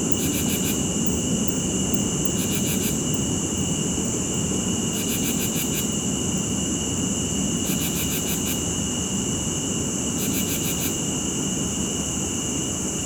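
Crickets trill in short, regular bursts about every two and a half seconds over a steady high whine and a constant low rumble.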